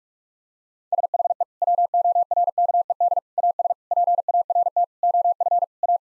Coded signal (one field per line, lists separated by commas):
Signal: Morse code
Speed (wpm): 46 wpm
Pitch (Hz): 700 Hz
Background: none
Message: SHE WORKED AS PART OF A